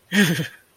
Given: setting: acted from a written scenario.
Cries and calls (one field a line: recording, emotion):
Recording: vocal sound without words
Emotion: elation